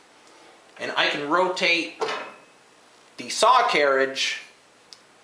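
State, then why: Seated. A radial arm saw's motor carriage is unlocked, its swivel detent on the yoke is lifted, and the carriage is rotated 90 degrees while someone talks. At 4.9 seconds a short, sharp click is heard as the detent locks in and the carriage seats at 90 degrees.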